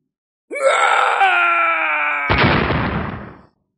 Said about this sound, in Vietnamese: Một tiếng hét to cuối cùng, thân thể tổ vương này hủy hoại tan thành từng mảnh.